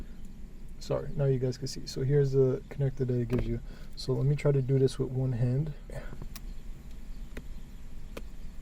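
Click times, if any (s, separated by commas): none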